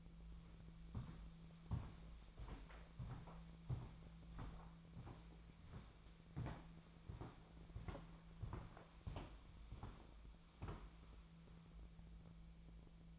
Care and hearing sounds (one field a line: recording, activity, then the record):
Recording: daily activity, microphone in the room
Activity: walk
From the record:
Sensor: 1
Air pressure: 1008.3 hPa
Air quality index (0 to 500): 190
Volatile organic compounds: 17 ppm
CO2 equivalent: 2580 ppm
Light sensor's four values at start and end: 17/43/18/20 and 17/44/18/21